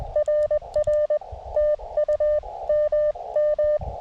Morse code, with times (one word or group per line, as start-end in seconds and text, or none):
0.2-1.2 RR
1.6-2.4 TU
2.7-3.8 MM